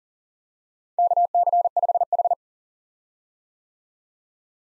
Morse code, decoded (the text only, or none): KC5H